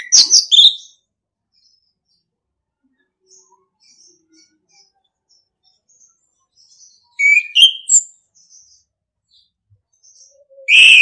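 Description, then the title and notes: Orange-headed thrush song in three short bursts of rich, varied whistled notes, at the start, near seven seconds and at the end, with faint soft chirps in the quiet gaps. Training recording (masteran) in the singing style called ngeplong. "Anis Kembang 9. ANIS KEMBANG NGEPLONG. Masteran Anis Kembang"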